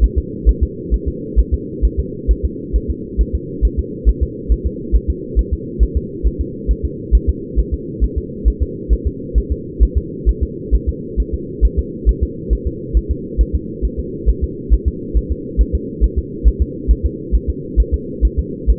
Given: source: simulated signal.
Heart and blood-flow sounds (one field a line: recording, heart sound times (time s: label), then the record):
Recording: fetal heart sounds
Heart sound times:
0.04 s: S1
0.18 s: S2
0.49 s: S1
0.63 s: S2
0.94 s: S1
1.08 s: S2
1.40 s: S1
1.54 s: S2
1.85 s: S1
2.00 s: S2
2.31 s: S1
2.45 s: S2
2.76 s: S1
2.90 s: S2
3.21 s: S1
3.35 s: S2
3.65 s: S1
3.79 s: S2
4.09 s: S1
4.23 s: S2
4.52 s: S1
4.67 s: S2
4.96 s: S1
5.10 s: S2
5.39 s: S1
5.53 s: S2
5.83 s: S1
5.97 s: S2
6.27 s: S1
6.41 s: S2
6.71 s: S1
6.85 s: S2
7.15 s: S1
7.29 s: S2
7.59 s: S1
7.74 s: S2
8.04 s: S1
8.18 s: S2
8.48 s: S1
8.62 s: S2
8.93 s: S1
9.07 s: S2
9.38 s: S1
9.52 s: S2
9.83 s: S1
9.98 s: S2
10.29 s: S1
10.43 s: S2
10.75 s: S1
10.89 s: S2
11.20 s: S1
11.34 s: S2
11.65 s: S1
11.79 s: S2
12.09 s: S1
12.23 s: S2
12.53 s: S1
12.67 s: S2
12.97 s: S1
13.11 s: S2
13.41 s: S1
13.55 s: S2
13.85 s: S1
14.00 s: S2
14.29 s: S1
14.44 s: S2
14.73 s: S1
14.88 s: S2
15.17 s: S1
15.32 s: S2
15.61 s: S1
15.75 s: S2
16.04 s: S1
16.18 s: S2
16.48 s: S1
16.62 s: S2
16.91 s: S1
17.06 s: S2
17.35 s: S1
17.50 s: S2
17.80 s: S1
17.94 s: S2
18.25 s: S1
18.39 s: S2
18.70 s: S1
From the record:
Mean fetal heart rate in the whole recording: 135 bpm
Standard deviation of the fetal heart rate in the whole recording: 3 bpm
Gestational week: 34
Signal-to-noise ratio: -4.1 dB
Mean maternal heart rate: no maternal heart sound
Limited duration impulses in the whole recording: absent